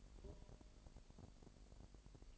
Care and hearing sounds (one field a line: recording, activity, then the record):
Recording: daily activity, microphone in the room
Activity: take from stove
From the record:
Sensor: 5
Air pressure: 1002.0 hPa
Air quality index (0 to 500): 255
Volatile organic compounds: 44 ppm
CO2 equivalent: 3208 ppm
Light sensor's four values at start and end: 19/41/18/20 and 19/40/18/20